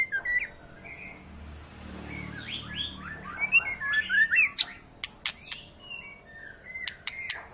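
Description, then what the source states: White-rumped shama song: a varied run of whistled and slurred phrases in quick succession, followed by sharp clicking notes and short high whistles. Long lure song of an actively singing (gacor) bird, used to make birds sing.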